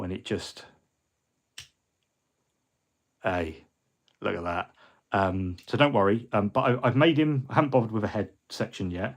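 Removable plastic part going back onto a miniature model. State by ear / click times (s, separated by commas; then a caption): seated / 1.6 s. A removable plastic part, probably a weapon or arm, is pushed back onto a plastic Deathwing Knight miniature. It seats with a short, sharp click at 1.6 s. Someone talks before and after.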